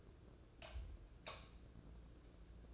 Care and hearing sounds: daily activity, microphone in the room; light off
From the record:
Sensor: 2

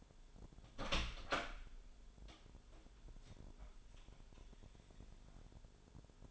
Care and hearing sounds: daily activity, microphone in the room; open door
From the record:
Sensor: 5

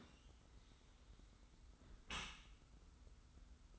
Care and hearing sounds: daily activity, microphone in the room; close dishwasher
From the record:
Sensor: 3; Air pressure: 991.3 hPa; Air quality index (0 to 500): 137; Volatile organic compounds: 246 ppm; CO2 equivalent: 4351 ppm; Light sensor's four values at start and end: 53/143/58/51 and 53/143/58/51

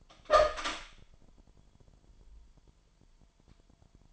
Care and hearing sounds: daily activity, microphone in the room; open door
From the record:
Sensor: 5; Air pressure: 998.5 hPa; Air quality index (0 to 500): 81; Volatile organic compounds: 1 ppm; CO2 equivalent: 924 ppm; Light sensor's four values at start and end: 33/81/34/37 and 33/82/34/37

